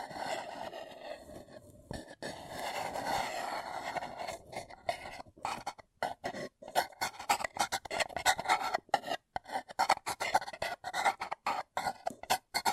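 Paper cup tingles: raspy rubbing and scraping against a paper cup. The first few seconds are a fairly continuous scratchy rub. After about five seconds it breaks into short, choppy strokes with brief silent gaps, quick and irregular, bright and papery.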